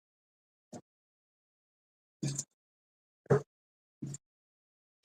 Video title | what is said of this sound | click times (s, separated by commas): My PC is finally going in here: MAG Pano 100L PZ with new PSU MPG A1250GS and MPG EZ120 ARGB fans | it didn't hear that GPU click | none